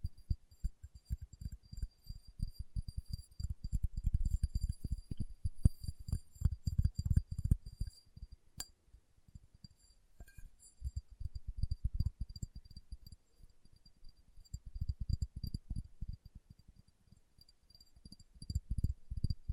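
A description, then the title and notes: Fingertips tap in rapid, irregular bursts of dull low thuds, denser around seven and sixteen seconds, with a faint high insect-like hiss throughout. ASMR Tapping with Fingertips (No Talking).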